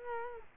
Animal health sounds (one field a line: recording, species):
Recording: mosquito wingbeat signal from an infrared sensor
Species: Culex quinquefasciatus